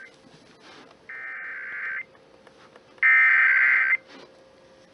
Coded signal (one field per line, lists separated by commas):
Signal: Emergency Alert System (SAME) tones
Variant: header bursts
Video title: South Dakota mocks Tennessee... AGAIN... EAS Alerts from 11/4/20-11/25/20 (EAS #405-410)